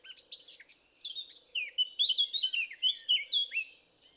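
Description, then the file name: Eurasian blackcap warbling: hurried, scratchy twitters, a short break, then a bright string of clear flute-like notes. "Sylvia atricapilla"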